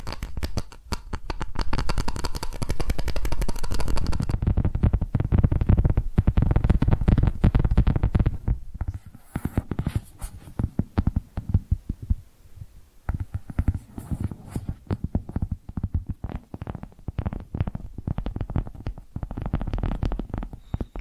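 Rapid, dense tapping with deep thuds builds continuously through the first eight seconds, then breaks into irregular bursts of quick taps with brief pauses.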